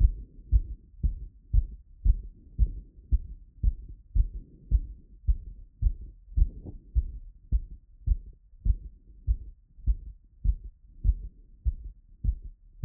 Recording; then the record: heart sounds by stethoscope after running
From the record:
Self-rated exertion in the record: moderate exertion (3 of 6); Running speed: 9 mph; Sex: male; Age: 24 years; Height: 175 cm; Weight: 56 kg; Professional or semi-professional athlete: no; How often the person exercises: over 5 times a week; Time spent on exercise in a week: over 5 hours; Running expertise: yes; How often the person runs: over 5 times a week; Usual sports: running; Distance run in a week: 60 km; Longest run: 43 km